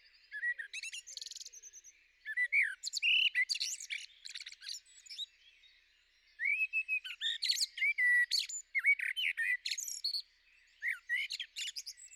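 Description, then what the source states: Common blackbird singing in repeated phrases, each opening with mellow warbled whistles and ending in rapid, high, scratchy twitters, with short pauses between phrases. Recorded on 9 April 2021.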